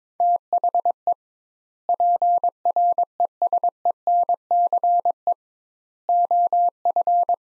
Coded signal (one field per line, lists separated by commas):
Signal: Morse code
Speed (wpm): 21 wpm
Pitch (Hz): 700 Hz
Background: none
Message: THE PRESENCE OF